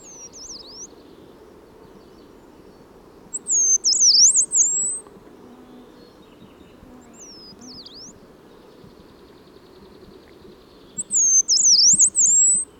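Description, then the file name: Arctic warbler giving two high, fast undulating trills, with shorter down-slurred notes before and between them. "Tajgasangare. Hv Oosten"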